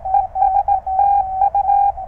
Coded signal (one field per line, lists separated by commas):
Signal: Morse code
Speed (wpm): 18 wpm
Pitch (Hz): 800 Hz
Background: none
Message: ES TU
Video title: Amazing DX during a QRP CW POTA Activation!!